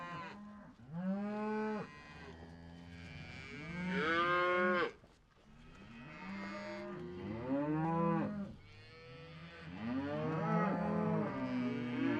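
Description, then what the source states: Cow: cattle lowing in repeated moos, each a rich harmonic call that bends up then down, with breathy sounds between calls. Cows breathing on the microphone.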